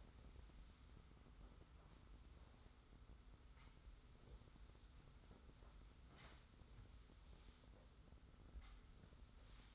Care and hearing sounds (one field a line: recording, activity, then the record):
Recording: daily activity, microphone in the room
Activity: sweep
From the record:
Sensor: 3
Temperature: 25.5 degrees Celsius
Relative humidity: 40.5%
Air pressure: 991.3 hPa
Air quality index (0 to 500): 141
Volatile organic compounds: 321 ppm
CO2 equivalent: 4526 ppm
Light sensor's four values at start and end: 54/146/60/53 and 54/146/60/53